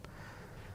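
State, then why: Seated. A graphics card is pressed down into a motherboard's PCIe x16 slot, and the slot's retention latch gives a single short click at 0.05 s, confirming the card is properly seated. After the click there is only a low, steady background hum.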